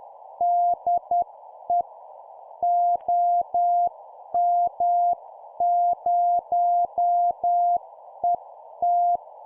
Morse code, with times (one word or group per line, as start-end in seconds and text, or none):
0.4-1.8 DE
2.6-9.2 OM0ET